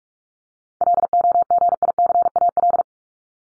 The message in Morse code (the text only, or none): LOGICAL